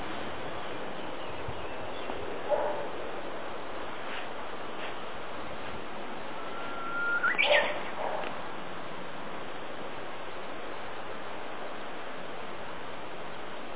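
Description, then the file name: Japanese bush warbler with a long held whistle that climbs into a quick, sharp flourish, an earlier short note, and a steady noisy background. April 2018. "2018 04 UGUISU TANIWATARI"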